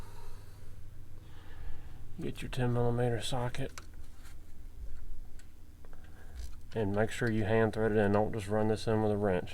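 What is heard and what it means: A replacement glow plug is being started by hand into the threads of the driver-side cylinder head on a 6.0 Powerstroke diesel, before it is torqued. Someone talks through most of the clip, with a few faint, short taps around 3.9 s, 5.4 s and 5.9 s. Nothing has clicked or seated yet.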